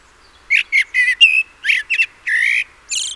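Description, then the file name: Common blackbird calls: a steady stream of loud, harsh chattering notes with squeaky overtones, about nine bursts in three seconds. "Turdus merula"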